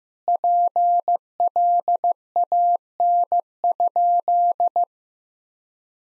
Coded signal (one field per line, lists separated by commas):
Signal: Morse code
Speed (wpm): 15 wpm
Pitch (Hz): 700 Hz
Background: none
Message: PLAN?